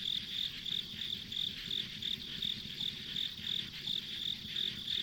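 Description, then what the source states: Insect chirps, high and evenly pulsed at about three per second, layered over a constant buzzing insect chorus. Ambient insect sounds recorded along a rural country road.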